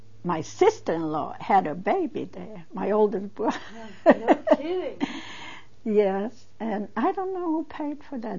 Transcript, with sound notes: my sister-in-law had a baby there. My older brother-- (She laughs.)
No kidding.
Yes, and I don't know who paid for that.